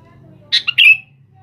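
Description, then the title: Sooty-headed bulbul uttering one quick, liquid phrase of two chirpy bursts over a faint low hum. "Kutilang"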